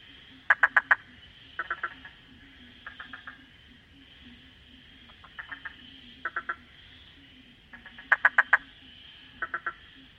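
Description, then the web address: Frog calls in short bursts of three to five rapid clicks, repeated irregularly every second or so over a steady high hum. "animal-sound frog-sound"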